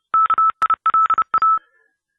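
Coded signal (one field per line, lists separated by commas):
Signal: Morse code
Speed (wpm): 30 wpm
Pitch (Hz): 1310 Hz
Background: none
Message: KILA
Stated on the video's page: CW sent over the internet via Mumble, generated by a home-brew software oscillator plugin with other CW at different pitches and sidetone quality.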